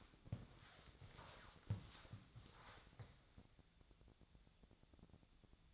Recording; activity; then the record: daily activity, microphone in the room; walk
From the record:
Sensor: 3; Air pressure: 1000.4 hPa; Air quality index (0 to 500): 166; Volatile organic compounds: 3 ppm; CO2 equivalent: 1442 ppm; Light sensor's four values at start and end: 17/45/18/20 and 16/41/16/18